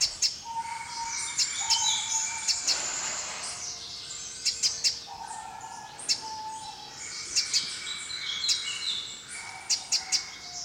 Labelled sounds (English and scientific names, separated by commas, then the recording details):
Copper Sunbird (Cinnyris cupreus) call
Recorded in captivity
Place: Zoo Berlin, Berlin, DE
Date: 1987-02-06 11:13
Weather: cloudy, windy 3°
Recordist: Tembrock, Günter